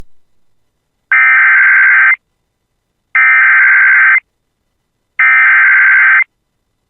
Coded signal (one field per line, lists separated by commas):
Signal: Emergency Alert System (SAME) tones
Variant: header bursts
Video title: [EAS] Severe Thunderstorm Warning for Northern Beltrami County (7/27/25]